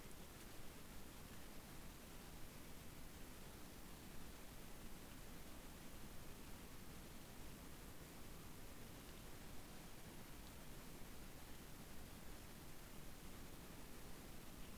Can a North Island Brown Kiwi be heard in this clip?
no